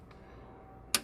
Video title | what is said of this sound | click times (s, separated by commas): Ford Shelby GT350 Oil Change DIY + Draining Oil Catch Can / Separator | And click. So that's all she wrote. | 1.0 s